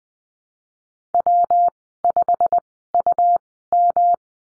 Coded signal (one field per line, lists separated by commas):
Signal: Morse code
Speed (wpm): 19 wpm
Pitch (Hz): 700 Hz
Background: none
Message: W5UM